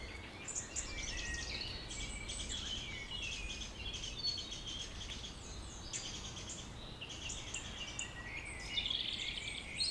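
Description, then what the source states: Birds: evening bird chorus of constant high twittering and trilled phrases from several birds, with steady low background rumble. Village birds singing in the evening around 8 pm, humid weather, April 2019, Tregastel, Pleumeur-Bodou, France; recorded with MKH 8040 ORTF pair, Rycote windshield, Zoom H5.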